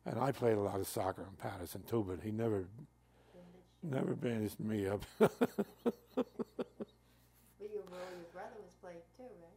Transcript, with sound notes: I played a lot of soccer in Paterson, too, but he never —
Bandaged.
Never bandaged me up. [Laughs]
Well, your older brother was playing, too, right?